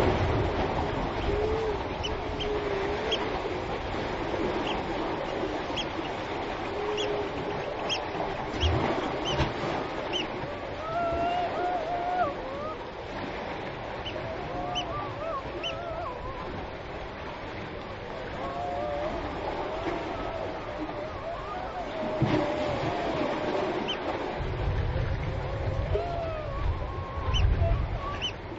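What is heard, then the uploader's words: Waves slosh steadily through a gully under a constant wash of rain, with small ticks scattered on top. Seals call in wavering, wailing tones, most often in the middle stretch. A low rumble of thunder swells near the end. Seal Gully with Roger Boughton. This clip caught Robert at the start of a storm on a overhanging cliff, approaching the seals. The seals, the thunder, rain and waves slushing in the gully.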